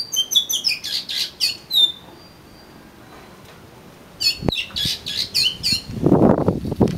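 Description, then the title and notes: Oriental magpie-robin song of bright whistles and scratchy chatter, stopping for about two seconds before resuming, ending over a burst of low rustling noise. "suara kacer. kumpulan suara burung kacer"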